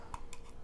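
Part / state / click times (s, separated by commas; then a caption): pistol magazine base plate onto magazine body / seated / 0.1 s. A H&K VP9 pistol magazine base plate is slid onto the magazine body while the follower spring is held compressed under the thumb, pushed down and back until its round locking piece drops into the hole in the insert. A sharp click is heard at 0.1 s, followed by a second, softer click at 0.3 s, and the base plate is seated back on the magazine.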